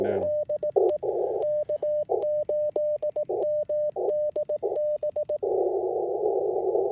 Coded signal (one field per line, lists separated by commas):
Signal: Morse code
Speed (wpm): 18 wpm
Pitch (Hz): 600 Hz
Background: radio noise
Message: DE K8MDB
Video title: FT8 POTA Field Setup with some slow CW IC-705 Digital Mode Activation Ham Radio Vertical Antenna